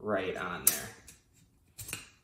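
Someone talks while a U-shaped flat frame part of a bed rail is pressed down onto the middle of the bed rail base so its two side spring pins slide toward their holes, with short handling knocks and rattles near 1.1, 1.8 and 1.9 seconds. The clip ends before the part goes home, and nothing has seated or clicked yet.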